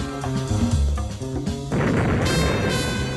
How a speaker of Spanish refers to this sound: ¿Qué fueron esas explosiones? Me parece que el general Sherman y sus soldados están volando edificios que se encuentran en la trayectoria del incendio, esperando contener la propagación del fuego.